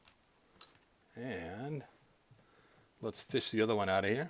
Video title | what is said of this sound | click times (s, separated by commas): Putting 200x loin cloths on Masters of the Universe Classics figures | all right leg muscle goes on the inside the leg and just pop that right in place | 0.6 s